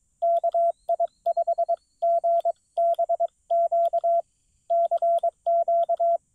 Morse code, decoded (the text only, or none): KI5GBQ CQ